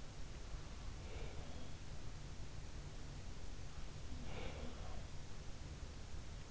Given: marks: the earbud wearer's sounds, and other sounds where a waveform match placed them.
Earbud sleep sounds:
sounds in sleep by an in-ear microphone; breath
0.93-1.90 s: breath
4.03-5.13 s: breath

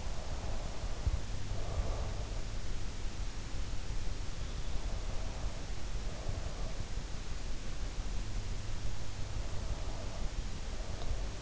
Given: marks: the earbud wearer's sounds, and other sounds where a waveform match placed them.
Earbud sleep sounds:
sounds in sleep by an in-ear microphone; breath
0.00-2.37 s: breath
4.81-6.78 s: breath
9.46-11.42 s: breath

